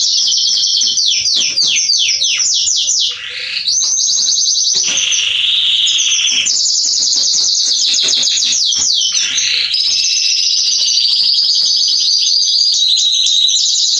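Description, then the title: Canary song, a dense run of fast downward-sweeping trills followed by sustained buzzy rolls at changing pitches, sung without pause. Male Belgian canary singing a lot, meant to warm up and stimulate young canaries. "Canary Training Esquente Seu Filhote E Canario Belga Em 30 Minutos Macho Cantando Muito. CANTO DO CANRIO"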